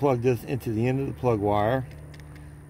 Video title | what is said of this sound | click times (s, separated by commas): how to tell you are getting spark up to your spark plug using a Performance Tool ignition tester | nice little click there then | 2.1 s, 2.2 s